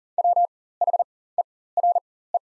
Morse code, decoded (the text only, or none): WHERE